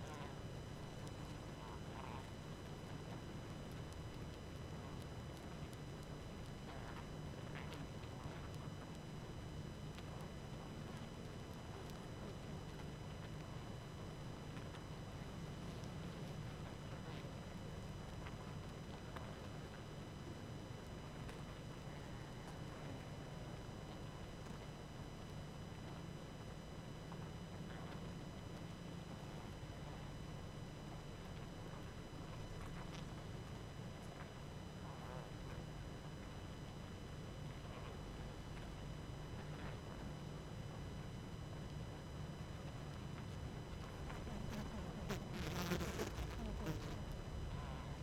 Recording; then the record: honeybee colony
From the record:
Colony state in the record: active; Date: 12 June 2018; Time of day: 21:06